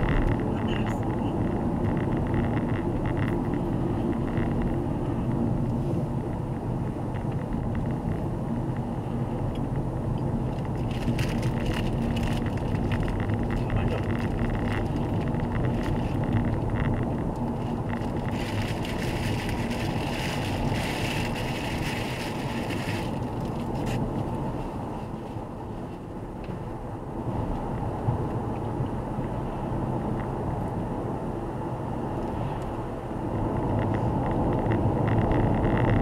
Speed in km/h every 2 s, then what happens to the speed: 60, 54, 54, 56, 57, 58, 59, 61, 62, 63, 65, 66, 70, 74, 76, 79, 83, 85.
0-4 slows to 54. 4-36 speeds up to 85.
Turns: none.